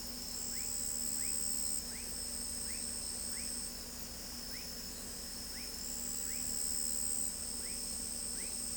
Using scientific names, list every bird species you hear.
none